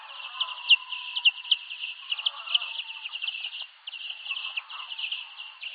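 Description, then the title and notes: Bats giving fast, uneven ticks and clicks, some sharper and louder pulses early on, forming a continuous crackling stream. "Roger Bats. Capturing Wildlife Sound: A Useful Guide"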